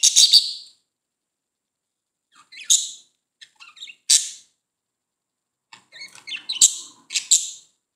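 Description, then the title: Budgerigar chirps, sharp high notes in short bursts separated by pauses, with soft chattering between. "Budgie Sounds"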